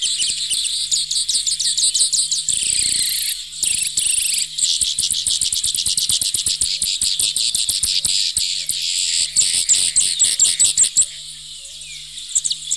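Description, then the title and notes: Grassland yellow finch song: a long, rapid stream of high buzzy and chattering notes, fast trills broken by short pauses, continuing almost throughout. Very common locally in the Bahía Blanca area, Argentina; courtship flights in breeding season; sings from spring; nuptial flight accompanied by a strident buzz. "Museo de Ciencias de Bahía Blanca. Misto (Sicalis luteola) Es un ave muy común en nuestra zona, sobre todo en época de reproducción cuando se observan sus vuelos de cortejo. Comienzan a cantar al llegar la primavera. Acompañan su vuelo nupcial con un zumbido estridente"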